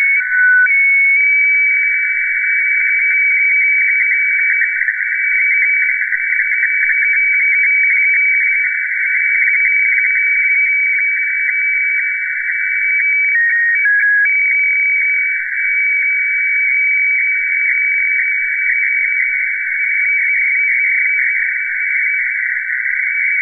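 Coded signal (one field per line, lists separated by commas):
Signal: weather fax (radiofax)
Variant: 120 lpm, IOC 576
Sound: steady warbling tone between 1.5 and 2.3 kHz with rhythmic scratchy line ticks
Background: radio static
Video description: Reception of HLL2 Seoul Meteo (Seoul, South Korea) on 9165 khz (FAX 120/576)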